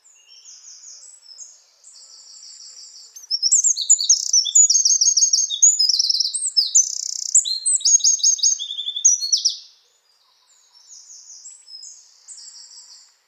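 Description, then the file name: Eurasian Wren song: a loud, fast run of high, metallic trills and chattering notes lasting about six seconds, with softer, similar trilling before and after. "Troglodytes troglodytes"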